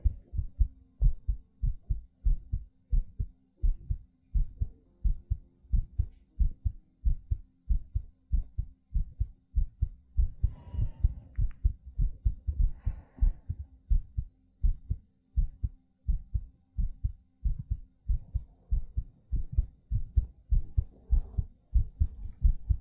ASMR Heartbeat Breathing.